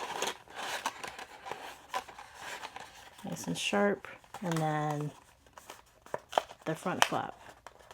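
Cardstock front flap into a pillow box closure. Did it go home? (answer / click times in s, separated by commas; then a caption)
no / none. Someone talks while handling a die-cut cardstock pillow box, pressing the finger-notch back flap down first and then bringing the curved front flap over it, with paper crinkling and short sharp ticks of the card. The clip ends just before the front flap snaps closed, so nothing has seated or clicked yet.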